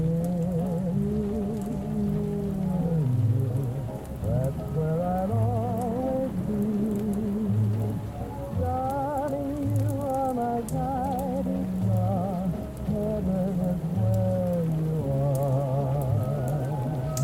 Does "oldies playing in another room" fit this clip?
yes